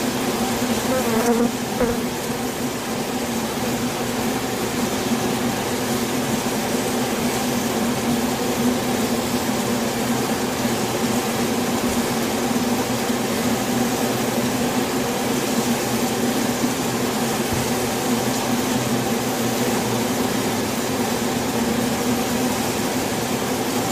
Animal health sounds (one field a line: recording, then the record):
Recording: honeybee colony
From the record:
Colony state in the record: swarm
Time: day